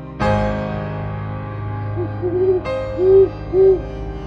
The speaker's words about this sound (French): Le hibou, parmi les décombres, hurle et décembre va finir.